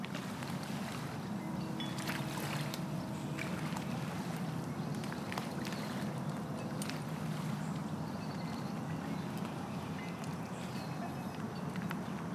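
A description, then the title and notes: A marsh at dusk under a steady, dense low rumble, like traffic or a boat engine. Short ticks and snaps break through every second or so, with faint thin calls and a soft hiss of wind above. Dusk Soundwalk at Dyke Marsh. 30+ seconds at 7 stops (and at end) at Dyke Marsh Wildlife Preserve (a unit of the NPS George Washington Memorial Parkway) along the dusk Soundwalk event celebrating World Listening Day. With iPhone 6, using a RODE app, edited and mixed in Adobe Audition.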